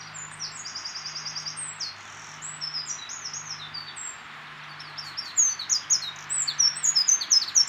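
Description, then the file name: Eurasian wren giving rapid series of very high, sharp ticking notes in fast runs, pausing then bursting again, over a low steady hum. "Troglodytes troglodytes"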